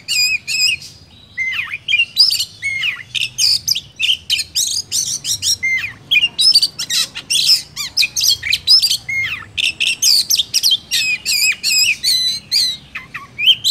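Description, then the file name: Oriental magpie-robin song, a rapid run of loud varied whistles, harsh notes and sweeping slurs, delivered in dense bursts with brief pauses, over a faint low hum. Used as a lure for trapping. "suara burung kacer pikat"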